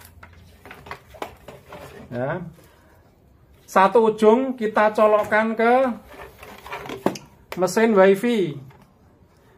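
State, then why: Seated. The end of a LAN cable's RJ45 Ethernet plug is pushed into the port of an access point unit, with small handling taps and clicks early on while someone talks. The plug seats with a sharp latch click at 7.1 s.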